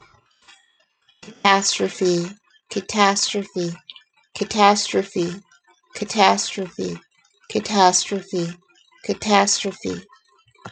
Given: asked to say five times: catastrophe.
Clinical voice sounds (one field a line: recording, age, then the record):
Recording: repeated word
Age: 30 to 39 years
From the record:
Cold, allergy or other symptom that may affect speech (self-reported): no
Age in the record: 33 years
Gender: other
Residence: Texas, United States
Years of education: 16